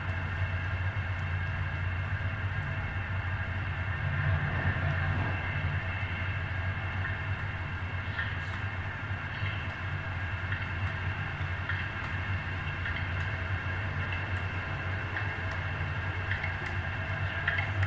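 A recording played back through a transducer fixed to an old gasoline can gives a steady, dense rumbling drone like a passing train. Low hum bands and ringing metallic tones hold level throughout, with faint clicks and brief bright scrapes scattered across it.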